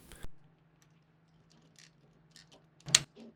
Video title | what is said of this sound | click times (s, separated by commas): 200 steps final challenge！Touch Toys J16-N Wutianyushang 2035 Nacrmmi！ | Do the same on the other side Just click on both sides | 3.0 s